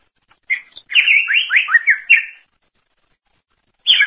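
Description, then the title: Greater green leafbird song: quick sequence of slurred, swooping whistles lasting about two seconds, then silence and a final burst. "Cucak ijo"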